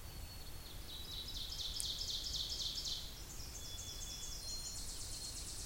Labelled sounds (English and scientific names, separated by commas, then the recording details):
Ovenbird (Seiurus aurocapilla) song
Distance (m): 60 m
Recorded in boreal forest in Alberta, Canada, on 26 May 2016 at 07:51
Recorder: SongMeter 3, array SBT-3-15
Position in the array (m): 53 m, 223 m
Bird 20